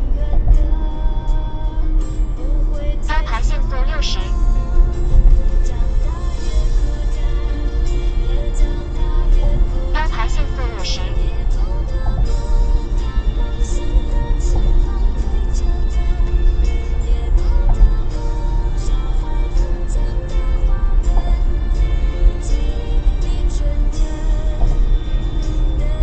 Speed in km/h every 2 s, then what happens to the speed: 65, 68, 73, 76, 81, 84, 85, 85, 85, 92, 92, 94, 92.
0-10 speeds up to 84. 10-26 steady at about 85.